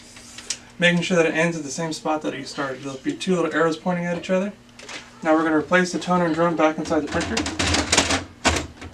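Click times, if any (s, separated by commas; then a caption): 7.9 s. A combined plastic toner cartridge and DR520 drum unit is pushed back into a Brother HL-5240 laser printer while someone talks. A single sharp click at 7.9 s marks the unit seating fully into place.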